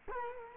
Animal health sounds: mosquito wingbeat signal from an infrared sensor; Culex quinquefasciatus

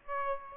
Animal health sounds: mosquito wingbeat signal from an infrared sensor; Aedes aegypti

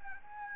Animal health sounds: mosquito wingbeat signal from an infrared sensor; Aedes albopictus

